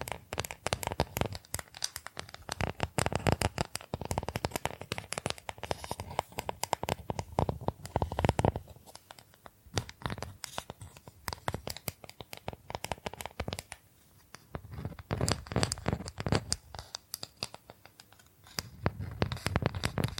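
Tapping, scratching and brushing on bamboo, with dense clusters of sharp clicks and rough scraping strokes. Busy bursts come and go, with quieter gaps around ten and fourteen seconds before the scratching picks up again. Crinkly, papery textures mix in throughout.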